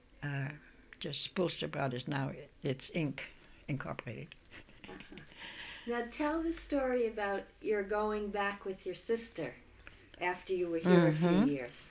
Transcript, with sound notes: uh, just Spoelstra Brothers. Now it's Inc., incorporated. ( she laughs )
Now, tell the story about your going back with your sister after you were here a few years.